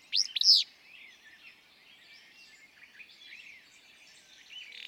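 Willow flycatcher: one emphatic burry two-part song at the start, followed by soft twittering and chirps of other birds.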